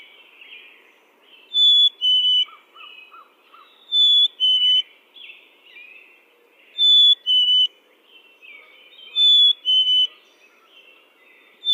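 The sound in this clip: Chickadee singing clear falling whistled phrases, high then lower, about every two to three seconds, with soft chirps and brief low notes from other birds in the background.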